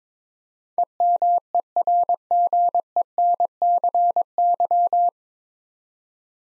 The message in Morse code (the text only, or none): EMERGENCY